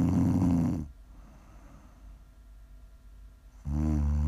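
An adult woman snoring while asleep: a loud, low-pitched snore, then about three seconds of quiet breathing, then another loud snore begins.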